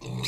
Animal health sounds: pig call; weaner (32 to 43 days)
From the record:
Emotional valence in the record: negative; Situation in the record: novel object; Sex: female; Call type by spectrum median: low-frequency call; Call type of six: mixed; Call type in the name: high-frequency modulated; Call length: 0.28 s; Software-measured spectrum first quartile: 190 Hz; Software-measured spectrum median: 1539 Hz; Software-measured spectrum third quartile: 4099 Hz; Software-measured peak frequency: 3933 Hz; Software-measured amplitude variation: 125 dB a second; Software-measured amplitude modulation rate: 25.2 a second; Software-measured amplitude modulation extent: 4.9 dB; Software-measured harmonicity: 3.3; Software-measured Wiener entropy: -3.37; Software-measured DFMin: 915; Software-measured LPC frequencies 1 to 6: 840, 2398, 3824, 4092, 4909, 6373 Hz

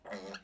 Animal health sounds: pig call; piglet (1 to 25 days)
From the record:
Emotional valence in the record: negative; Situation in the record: restrain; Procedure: back test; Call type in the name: low-frequency call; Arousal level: low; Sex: female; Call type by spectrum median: low-frequency call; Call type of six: low-frequency stable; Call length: 0.44 s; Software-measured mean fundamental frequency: 64 Hz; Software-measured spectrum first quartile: 476 Hz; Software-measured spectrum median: 1043 Hz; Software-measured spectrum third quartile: 2643 Hz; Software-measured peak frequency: 501 Hz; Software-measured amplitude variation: 167 dB a second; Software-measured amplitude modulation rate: 16.0 a second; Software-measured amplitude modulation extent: 10.5 dB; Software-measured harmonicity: 1.8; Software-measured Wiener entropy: -1.52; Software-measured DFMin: 723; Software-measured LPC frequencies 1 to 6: 573, 1480, 1893, 2833, 4243, 5613 Hz

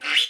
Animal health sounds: pig call; piglet (1 to 25 days)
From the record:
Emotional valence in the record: negative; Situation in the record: restrain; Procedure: in the arms of a person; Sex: female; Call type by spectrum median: high-frequency call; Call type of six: low-frequency tonal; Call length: 0.29 s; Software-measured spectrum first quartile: 2258 Hz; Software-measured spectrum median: 2876 Hz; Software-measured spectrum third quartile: 3342 Hz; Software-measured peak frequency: 2935 Hz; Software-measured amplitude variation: 154 dB a second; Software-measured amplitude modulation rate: 15.2 a second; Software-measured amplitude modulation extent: 10.1 dB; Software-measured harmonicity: 3.4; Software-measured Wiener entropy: -2.17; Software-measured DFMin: 735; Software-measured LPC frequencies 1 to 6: 1508, 2151, 2915, 3413, 4975, 6507 Hz

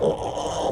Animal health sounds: pig call; piglet (1 to 25 days)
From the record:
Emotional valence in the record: negative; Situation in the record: crushing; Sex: female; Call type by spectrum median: low-frequency call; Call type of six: low-frequency stable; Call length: 0.72 s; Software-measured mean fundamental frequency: 57 Hz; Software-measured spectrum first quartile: 449 Hz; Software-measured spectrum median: 620 Hz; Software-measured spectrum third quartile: 1104 Hz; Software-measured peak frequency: 494 Hz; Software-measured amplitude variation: 122 dB a second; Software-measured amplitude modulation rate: 22.2 a second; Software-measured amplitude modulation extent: 5.5 dB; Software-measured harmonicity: 1.9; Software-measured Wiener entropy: -0.81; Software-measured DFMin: 1669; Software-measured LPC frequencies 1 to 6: 529, 874, 3061, 5500, 6314, 7762 Hz

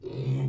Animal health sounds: pig call; weaner (32 to 43 days)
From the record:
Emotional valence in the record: negative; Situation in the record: long isolation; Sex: female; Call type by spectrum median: low-frequency call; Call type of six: low-frequency stable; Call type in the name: low-frequency stable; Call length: 0.49 s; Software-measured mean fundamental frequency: 63 Hz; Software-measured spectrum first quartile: 133 Hz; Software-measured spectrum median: 172 Hz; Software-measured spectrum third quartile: 356 Hz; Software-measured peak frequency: 134 Hz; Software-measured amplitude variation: 151 dB a second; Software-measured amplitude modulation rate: 13.3 a second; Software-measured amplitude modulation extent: 11.4 dB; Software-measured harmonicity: 1.4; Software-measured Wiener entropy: -0.45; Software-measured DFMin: 1112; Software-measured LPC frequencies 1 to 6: 2320, 3713, 6964, 9854, 12151, 15721 Hz

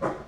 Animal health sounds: pig call; growing-finishing pig (85 days or more)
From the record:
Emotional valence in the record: positive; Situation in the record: run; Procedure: transit

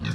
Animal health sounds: pig call; growing-finishing pig (85 days or more)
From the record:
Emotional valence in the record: positive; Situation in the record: run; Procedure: transit

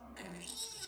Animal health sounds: pig call; piglet (1 to 25 days)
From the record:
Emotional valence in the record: negative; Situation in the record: castration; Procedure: castration, cut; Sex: male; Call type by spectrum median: high-frequency call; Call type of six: mixed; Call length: 0.87 s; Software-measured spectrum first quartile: 1695 Hz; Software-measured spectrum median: 4532 Hz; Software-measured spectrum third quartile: 7171 Hz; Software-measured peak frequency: 3814 Hz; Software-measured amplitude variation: 123 dB a second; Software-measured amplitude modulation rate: 20.6 a second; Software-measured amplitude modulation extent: 5.9 dB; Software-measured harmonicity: 3.2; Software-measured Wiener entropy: -2.47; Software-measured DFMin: 1160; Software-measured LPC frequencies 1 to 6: 1854, 2810, 3805, 5567, 7755, 8313 Hz

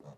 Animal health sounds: pig call; piglet (1 to 25 days)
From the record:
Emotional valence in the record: negative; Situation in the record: short isolation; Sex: female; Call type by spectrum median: low-frequency call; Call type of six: low-frequency stable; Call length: 0.18 s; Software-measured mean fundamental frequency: 50 Hz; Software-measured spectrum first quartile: 159 Hz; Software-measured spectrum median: 340 Hz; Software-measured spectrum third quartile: 674 Hz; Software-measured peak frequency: 141 Hz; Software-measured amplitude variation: 152 dB a second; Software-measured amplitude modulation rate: 2.8 a second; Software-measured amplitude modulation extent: 55.1 dB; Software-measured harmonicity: 0.3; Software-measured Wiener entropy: 0.11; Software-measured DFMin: 1071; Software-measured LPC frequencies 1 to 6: 487, 3729, 6102, 6706, 7806, 9350 Hz

